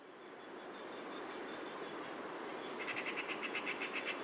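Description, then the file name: Eurasian magpie delivering a fast, dry rattle of evenly spaced harsh notes in the last second and a half, over continuous roaring noise. "Pica pica"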